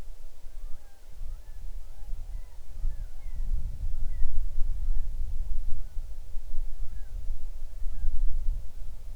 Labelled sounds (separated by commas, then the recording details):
bird
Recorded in the Arctic National Wildlife Refuge, Alaska, on 6 July 2019 at 00:59
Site 39